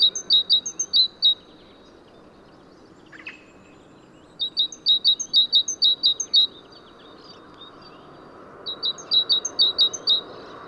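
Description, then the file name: Great tit singing three bouts of rapid, ringing two-note phrases, each bout a string of see-saw pairs separated by pauses of a few seconds, over steady background noise. "Parus major"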